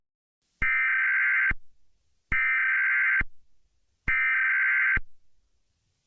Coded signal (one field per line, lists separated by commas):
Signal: Emergency Alert System (SAME) tones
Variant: header bursts